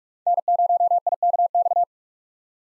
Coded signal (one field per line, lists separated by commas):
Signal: Morse code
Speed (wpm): 44 wpm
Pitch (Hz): 700 Hz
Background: none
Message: N0IKX